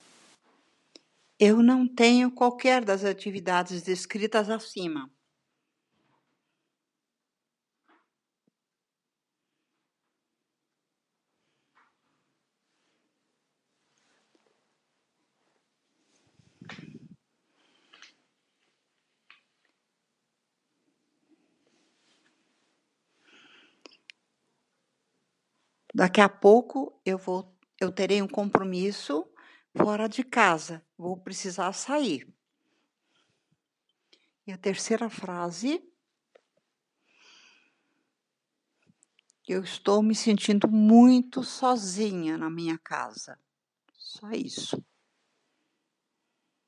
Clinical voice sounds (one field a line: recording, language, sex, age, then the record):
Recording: spoken sentence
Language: Brazilian Portuguese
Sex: female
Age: 80 to 89 years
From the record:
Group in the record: control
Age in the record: 80 years